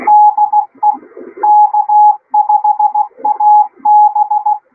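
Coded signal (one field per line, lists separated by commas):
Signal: Morse code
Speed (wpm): 15 wpm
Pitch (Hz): 840 Hz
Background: none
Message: DE K5AB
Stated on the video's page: Shortwave radio signal heard while tuning the bands.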